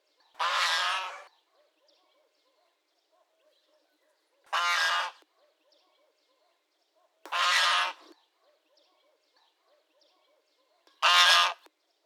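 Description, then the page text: Domestic goose calls: four loud, harsh honks a few seconds apart, with faint soft peeping notes in the quiet gaps between them. Domestic goose family: goslings peeping while the parents cackle quietly. "Гусь домашний (Anser anser domestica) - Писки гусят и тихое гоготание родителей"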